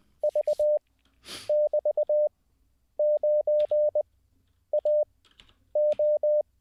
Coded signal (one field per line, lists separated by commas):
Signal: Morse code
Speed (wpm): 20 wpm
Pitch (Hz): 600 Hz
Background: none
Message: V <BT> 9 A O